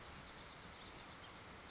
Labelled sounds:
Blue-gray Gnatcatcher
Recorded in Sonoma County, California

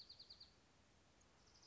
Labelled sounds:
Dark-eyed Junco
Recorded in Sonoma County, California

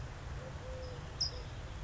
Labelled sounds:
Eurasian Collared Dove
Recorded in Sonoma County, California

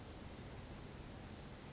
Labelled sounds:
Western Flycatcher
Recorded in Sonoma County, California

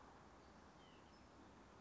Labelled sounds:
White-breasted Nuthatch
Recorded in Sonoma County, California

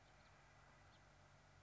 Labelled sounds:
House Finch
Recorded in Sonoma County, California

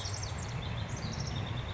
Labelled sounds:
House Wren
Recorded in Sonoma County, California

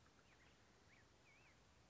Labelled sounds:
Black-headed Grosbeak
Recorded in Sonoma County, California

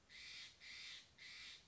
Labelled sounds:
Steller's Jay
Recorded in Sonoma County, California

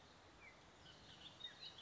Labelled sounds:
Bullock's Oriole
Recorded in Sonoma County, California

